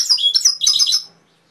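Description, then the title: Canary giving a brief burst of quick high chirps and warbled notes that fades out after about a second. Canary masteran (training) song with full fill-ins (isian), for teaching canaries to sing, by mster Mnuk. "mster Mnuk. Masteran Kenari Full Isian"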